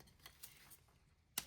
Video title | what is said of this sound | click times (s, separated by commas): 2000-2004 Ford Focus Spark Plugs & Wires Plus Ignition Coil Replacement How-To | So just take a screwdriver in there and this will just pop off of there like that. | 1.4 s